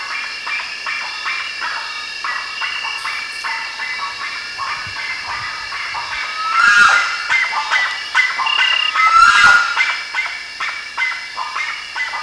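Bird calls, rapid rasping notes, with a louder noisy burst around the middle and again near nine seconds.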